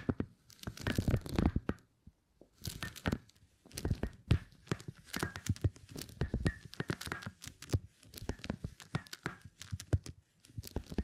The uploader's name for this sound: Brain Tingly Sounds Using Beeswax